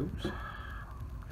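A reassembled trigger group is being lined up and handled against the receiver of a Thompson Center R22 rifle during a trigger kit install while someone talks. The part has not been pushed home, and nothing has seated or clicked yet.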